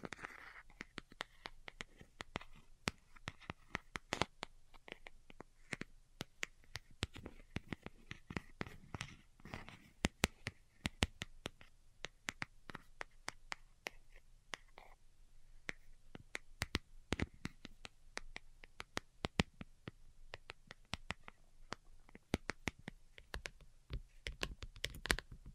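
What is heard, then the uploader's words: Delicate tapping, quick and irregular, with sharp clicks scattered throughout and tight bursts clustering around the eighth to tenth seconds and again near the end. The taps are crisp and bright, with a faint soft hum and occasional scratchy rustle underneath. ASMR DELICATE Tapping for Sleep (No Talking).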